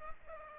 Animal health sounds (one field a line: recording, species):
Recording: mosquito wingbeat signal from an infrared sensor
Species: Culex pipiens